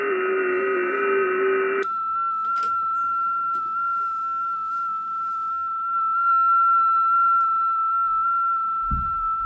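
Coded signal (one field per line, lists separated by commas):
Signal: FT8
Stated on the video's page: FT8 received and transmitted live on a Xiegu X6100.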